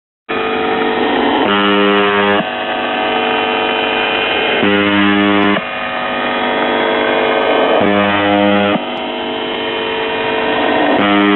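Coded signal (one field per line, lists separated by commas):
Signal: channel marker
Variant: UVB-76 (The Buzzer)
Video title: UVB 76 4625 KHZ 40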